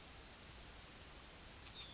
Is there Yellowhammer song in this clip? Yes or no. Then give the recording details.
yes. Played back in grassland. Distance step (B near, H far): F. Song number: 104